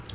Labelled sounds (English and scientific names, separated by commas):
Palm Warbler (Setophaga palmarum) flight call